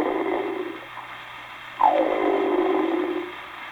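Adult performer imitating a snore: the larger and fuller, or 'brunette', variety of inspiratory snore, type 4B, in a comic imitation.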